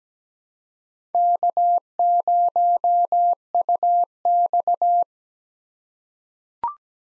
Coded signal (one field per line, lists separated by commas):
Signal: Morse code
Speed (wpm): 17 wpm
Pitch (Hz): 700 Hz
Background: none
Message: K0UX